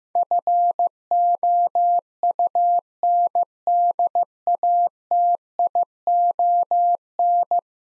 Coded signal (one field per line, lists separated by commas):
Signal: Morse code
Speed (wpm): 16 wpm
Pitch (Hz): 700 Hz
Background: none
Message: FOUNDATION